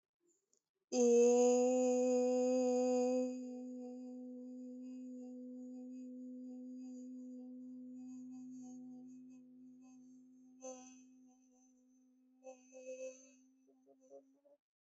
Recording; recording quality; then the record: sustained vowel as in made; excellent, no background noise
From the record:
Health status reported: healthy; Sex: female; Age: 19 years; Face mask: not worn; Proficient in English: yes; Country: India